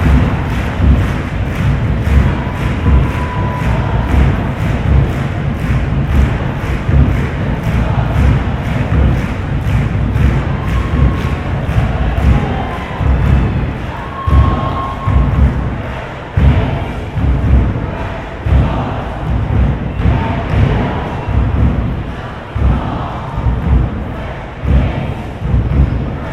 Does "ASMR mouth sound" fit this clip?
no